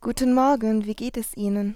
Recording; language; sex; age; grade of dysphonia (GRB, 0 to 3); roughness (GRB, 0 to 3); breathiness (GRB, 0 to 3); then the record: spoken sentence; German; female; 20 to 29 years; 1; 0; 1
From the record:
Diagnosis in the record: hyperfunctional dysphonia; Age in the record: 21 years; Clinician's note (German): Leichte hyperfunktionelle Dysphonie